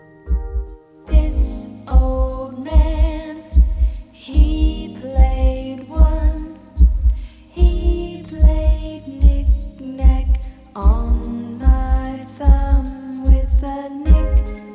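A steady heartbeat with soft music playing over it, a heartbeat track for helping babies sleep.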